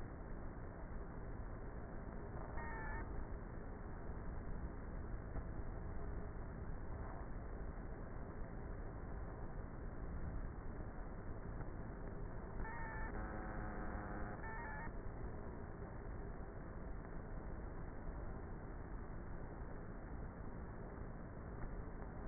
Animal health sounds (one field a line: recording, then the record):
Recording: honeybee colony, microphone inside the hive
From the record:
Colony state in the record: queenless with a low population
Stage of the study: before two queens were removed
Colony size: about 30,000 bees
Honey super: no